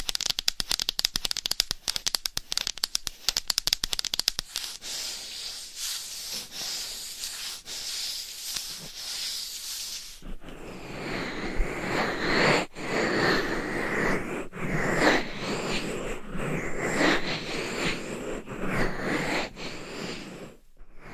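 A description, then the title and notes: Rapid dense scratching and tapping on a microphone for ten seconds, then a softer, rustling, hissy brushing texture with occasional sharper knocks. ASMR Binaural Dummy Head Mic Scratching & Tapping with Different Mic Covers No Talking.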